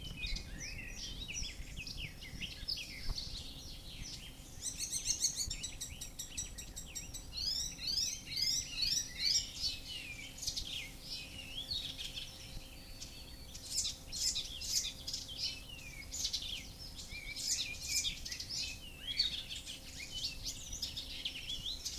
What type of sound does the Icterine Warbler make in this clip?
song